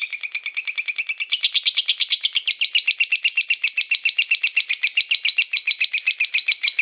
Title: Kicau Burung LoveBird, Suara Burung LoveBird Juara Nasional